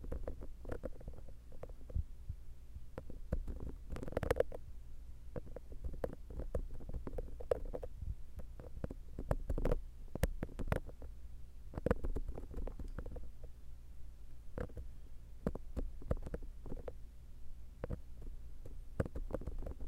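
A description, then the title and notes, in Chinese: A massage inside the left ear, full of irregular rubbing, scratching and crackling taps that come quickly and unevenly throughout. A steady, muffled low rumble with a soft thumping quality sits underneath, and sharper bursts stand out around 4 and 10 seconds. 耳內按摩 ( 左 )。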